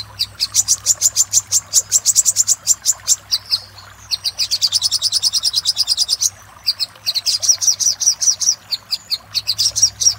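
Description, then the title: Little spiderhunter song of long, machine-fast runs of thin, high notes with brief pauses, over a steady low hum. Master recording used for training cage birds. "Masteran Burung Sogok Ontong Labaik"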